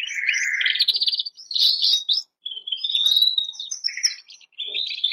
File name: canto do canario bernois